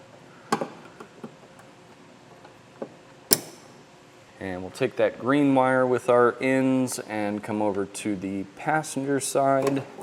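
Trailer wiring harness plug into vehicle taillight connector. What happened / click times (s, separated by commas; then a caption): The connector clicked home / 3.3 s. The other end of a Curt T-connector trailer wiring harness is pushed into the taillight receptacle of a 2015 Audi Q5, and the plastic connector latches with a sharp click at 3.3 s, seating it. Quieter taps and handling noises come before the click, and then someone talks.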